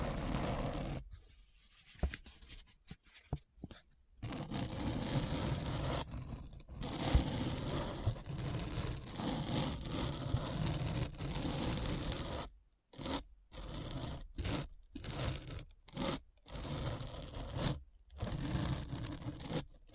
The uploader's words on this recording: ASMR Deep Brain Scratch (No Talking).